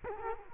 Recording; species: mosquito wingbeat signal from an infrared sensor; Culex quinquefasciatus